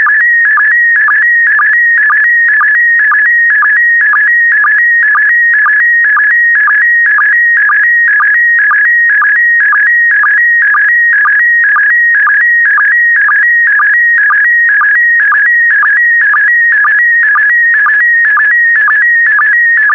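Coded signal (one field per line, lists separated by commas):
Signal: SSTV (slow-scan television)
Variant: PD120 mode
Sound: warbling tone around 1.7-1.9 kHz with short low sync blips about twice a second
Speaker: complete. You can now check your decoded image against the picture that is shown on the video.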